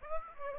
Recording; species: mosquito wingbeat signal from an infrared sensor; Aedes aegypti